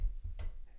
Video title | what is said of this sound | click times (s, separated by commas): How to Install / Upgrade your Graphics Card with Ease - (No DDU Required) | as now I just heard the click so things are good now | 0.4 s